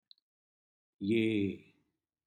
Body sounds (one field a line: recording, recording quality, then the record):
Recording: sustained vowel as in made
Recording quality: excellent, no background noise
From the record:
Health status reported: healthy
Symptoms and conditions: diabetes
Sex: male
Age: 57 years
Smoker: not ticked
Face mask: not worn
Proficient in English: yes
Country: India